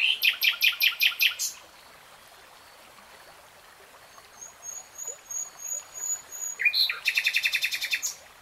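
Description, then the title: Nightingale song: a loud rapid series of repeated notes, a pause with a faint thin whistle, then building pulsed notes leading into a fast, ringing trill. Nightingale singing, in real time. "[Tiếng chim hót] 3 Hours REALTIME Nightingale Singing"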